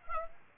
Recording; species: mosquito wingbeat signal from an infrared sensor; Aedes aegypti